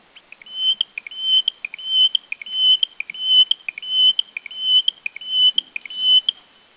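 Taiwan bush warbler song: a rapid, regular train of high, sharp metallic notes, each phrase a level whistle followed by short clicks, repeating about every 0.7 seconds, with a faint high whine.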